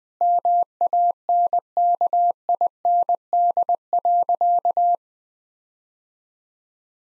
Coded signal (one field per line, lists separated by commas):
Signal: Morse code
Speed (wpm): 21 wpm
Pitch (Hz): 700 Hz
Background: none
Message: MANKIND.